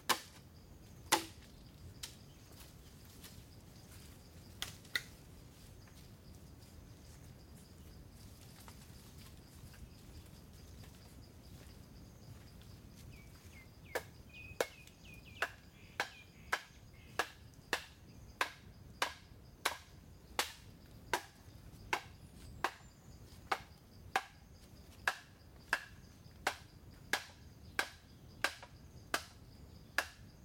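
Bamboo is hacked with sharp, sudden chops, scattered at first and then falling in a steady quick rhythm, over a faint insect whine.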